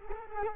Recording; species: mosquito wingbeat signal from an infrared sensor; Culex quinquefasciatus